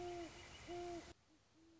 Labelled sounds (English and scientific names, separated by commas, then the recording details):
Great Horned Owl (Bubo virginianus)
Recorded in Sonoma County, California